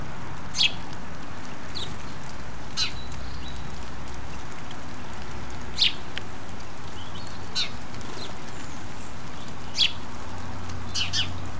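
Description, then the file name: House sparrow chirps: sparse, brief, sharp notes every one to three seconds over a continuous low rumbling noise. "Passer domesticus"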